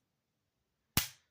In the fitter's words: Excellent. Snap closed.